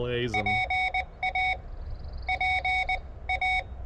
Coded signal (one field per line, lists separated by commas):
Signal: Morse code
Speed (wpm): 20 wpm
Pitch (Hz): 2250 Hz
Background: speech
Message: PA PA